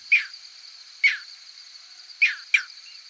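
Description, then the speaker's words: Green Heron flight calls: four short, sharp, high notes, the first three about a second apart and the last following quickly, over a steady high hiss. Nocturnal flight call, given during night migration. "Known as nocturnal flight calls, many species can be identified based on their signature sound, like this green heron."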